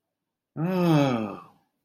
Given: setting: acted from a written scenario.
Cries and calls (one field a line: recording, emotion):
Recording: vocal sound without words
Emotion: sympathy